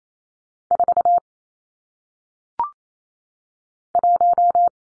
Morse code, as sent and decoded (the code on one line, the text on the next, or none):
....- / .----
4 1